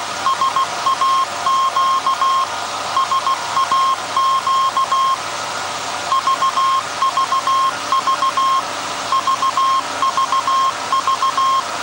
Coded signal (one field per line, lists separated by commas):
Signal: Morse code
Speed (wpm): 16 wpm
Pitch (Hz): 1070 Hz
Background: none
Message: SAQ SAQ VVV VVV